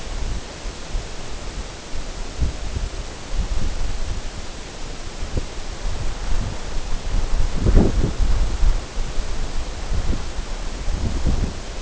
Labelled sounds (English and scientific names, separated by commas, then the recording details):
none
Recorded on Arctic tundra, site NAIT-1, on 19 June 2018
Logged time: 21:00